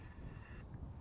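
An arrow is slid down over the end of the air tube on an Umarex AirSaber air-archery rifle, which it will click onto and be held so it won't fall out. Only a steady rushing, wind-like noise is heard, with the upper frequencies dropping away after about 0.6 s. Nothing has seated or clicked yet.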